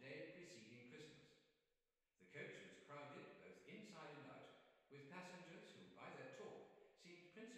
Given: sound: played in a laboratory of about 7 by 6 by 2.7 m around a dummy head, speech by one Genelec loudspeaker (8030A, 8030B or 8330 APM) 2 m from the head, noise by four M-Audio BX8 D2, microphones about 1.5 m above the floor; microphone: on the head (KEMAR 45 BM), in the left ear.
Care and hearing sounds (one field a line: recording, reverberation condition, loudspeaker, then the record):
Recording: male speech in English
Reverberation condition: high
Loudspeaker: 90 degrees to the right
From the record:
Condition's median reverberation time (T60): about 1300 ms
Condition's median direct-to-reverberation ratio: about -4.0 dB